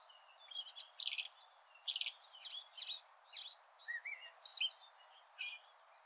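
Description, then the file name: Eurasian blackcap producing a steady series of varied scratchy, buzzy notes interspersed with a few sweet whistled elements, each note separated by short pauses. "Sylvia atricapilla"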